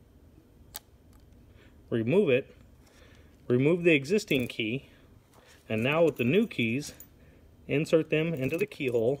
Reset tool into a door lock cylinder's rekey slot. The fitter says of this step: Insert the smart key reset tool into the slot until you hear a click,